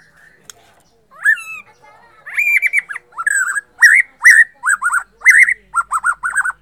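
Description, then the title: White-rumped shama song: after a soft start, loud repeated whistled phrases with upslurred notes and high overtones come in quick succession, growing steadily busier. Bornean type. "MURAI BORNEO MAS KIKI"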